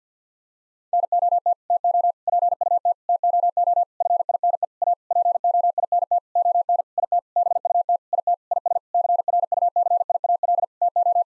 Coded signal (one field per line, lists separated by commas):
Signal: Morse code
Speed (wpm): 50 wpm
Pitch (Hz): 700 Hz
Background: none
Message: NOT TO PUT TOO FINE A POINT ON IT BUT IT IS CRUCIAL TO